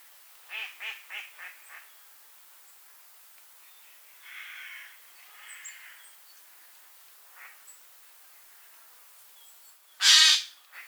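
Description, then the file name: Eurasian jay making a loud harsh screech near the end, preceded by a quick series of short rasping notes and softer scratchy calls. "Garrulus glandarius"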